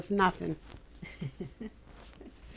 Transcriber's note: both laugh